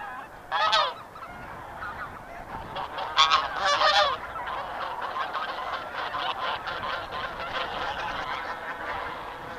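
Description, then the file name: Bean goose honking calls, loud nasal honks near the start and again around three to four seconds, over a steady background of many more geese calling together. "hisikui"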